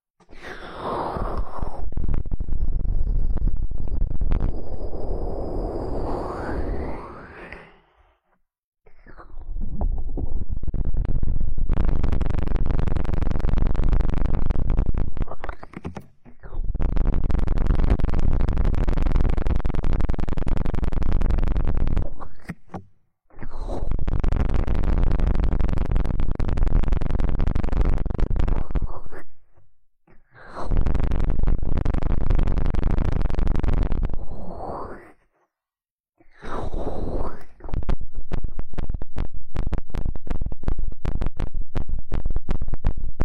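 An ear cleaning massage: loud, dense rubbing and scratching that fills the sound in long stretches of several seconds each. Short silent breaks fall around 8, 16, 23, 30 and 36 seconds. Early passages have a swirling, sweeping rub, and later ones turn to a steady crackly scrape.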